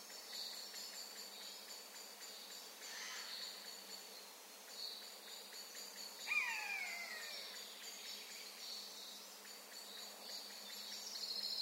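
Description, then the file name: Eurasian jay call: one drawn-out, downslurred mewing note near the middle, over a constant high-pitched buzz of insects. "Garrulus glandarius"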